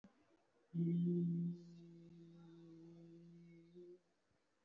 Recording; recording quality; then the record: sustained vowel as in beet; excellent, no background noise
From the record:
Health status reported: respiratory illness, not identified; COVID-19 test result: negative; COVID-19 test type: RT-PCR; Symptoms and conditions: cough, cold, breathing difficulty, fatigue, muscle pain, chronic lung disease, pneumonia, another respiratory illness, hypertension, another condition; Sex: male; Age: 64 years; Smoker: no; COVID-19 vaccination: both doses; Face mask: not worn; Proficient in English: yes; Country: India